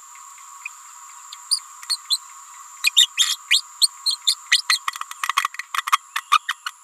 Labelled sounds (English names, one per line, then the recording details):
Green-rumped Parrotlet babbling
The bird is a female
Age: 28 days
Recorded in a nest box in Venezuela
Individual 17B31A3